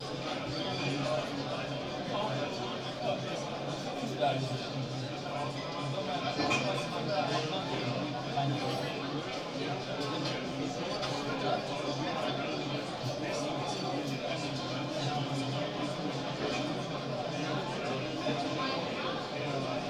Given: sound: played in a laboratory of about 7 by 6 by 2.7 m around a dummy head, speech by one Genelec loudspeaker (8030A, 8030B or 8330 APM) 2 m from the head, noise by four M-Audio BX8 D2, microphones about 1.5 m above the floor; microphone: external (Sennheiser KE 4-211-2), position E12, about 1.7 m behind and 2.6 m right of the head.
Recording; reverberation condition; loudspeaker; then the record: cafeteria noise; low; four, about 170 cm from the corners of the room and facing them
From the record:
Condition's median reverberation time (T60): about 310 ms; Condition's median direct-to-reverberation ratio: about 3.5 dB